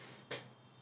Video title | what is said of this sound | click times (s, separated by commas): Lg top load washing machine unboxing & review - ఒక మంచి washing machine గురించి తెలుసుకుందాం రండి -- | అది మళ్ళీ అక్కడ ట్విస్ట్ చేస్తే అక్కడ లాక్ అయిపోతుంది. | 0.3 s